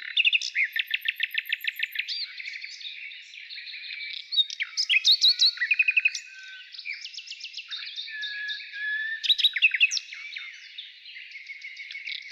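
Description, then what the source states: Nightingale singing a quick series of loud pulses, then jumbled whistles and chirps, then more repeated note runs. Heard in the morning.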